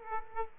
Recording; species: mosquito wingbeat signal from an infrared sensor; Aedes aegypti